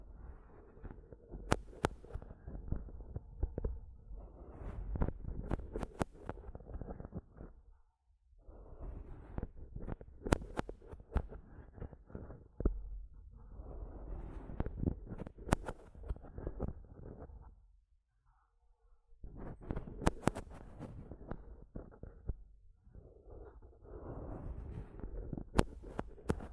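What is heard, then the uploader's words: Tapping and scratching on a microphone come in dense, uneven bursts of knocks, rubbing and sharp clicks, with a heavy low thump beneath. The noise stops briefly around 8 and 18 seconds, then resumes just as busily through the end. ASMR Mic Tapping and Scratching (No Talking).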